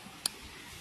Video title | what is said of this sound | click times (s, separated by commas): MAGIC STAIN REMOVER 👍👍 | ഈ lock തുറന്നിട്ട് നമുക്ക് സ്പ്രേ നോക്കാം. | 0.3 s